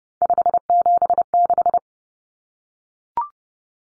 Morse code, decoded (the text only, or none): 576